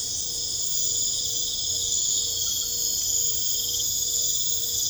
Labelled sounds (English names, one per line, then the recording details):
none
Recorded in pastures near Puerto Asís, Putumayo, Colombia, on 21 December 2024 at 21:30
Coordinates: 0.496, -76.326
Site G004